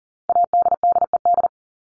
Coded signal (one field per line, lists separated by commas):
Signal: Morse code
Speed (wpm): 40 wpm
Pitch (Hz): 700 Hz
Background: none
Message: ADDED